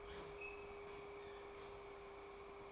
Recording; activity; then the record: daily activity, microphone in the room; open fridge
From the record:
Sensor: 1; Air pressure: 1004.6 hPa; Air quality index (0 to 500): 192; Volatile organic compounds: 16 ppm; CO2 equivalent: 2545 ppm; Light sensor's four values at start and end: 5/11/4/4 and 5/11/4/4